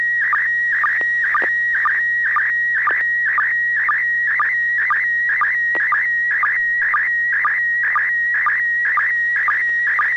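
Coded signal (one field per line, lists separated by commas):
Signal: SSTV (slow-scan television)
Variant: PD mode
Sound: warbling tone around 1.9 kHz with short low chirps every half second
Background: steady low hum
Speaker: Bob you're the first one if you're ready go ahead okay this is gonna be PD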